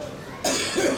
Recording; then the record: coughing mixed with background sound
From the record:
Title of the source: Residual Phlegmy Morning Coughing and Gagging